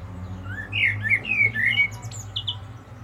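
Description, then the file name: Common blackbird's brief phrase of smooth, slurred whistles ends in a couple of high thin notes, over a steady low hum. "Turdus merula"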